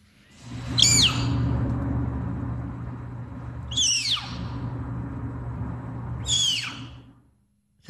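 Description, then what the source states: Snow leopard cub squeaks: three sharp, high, downward-sliding squeaks a few seconds apart over a steady low hum. Played back; captive cub squeaking while being weighed by veterinarians at a zoo in St. Paul, Minnesota.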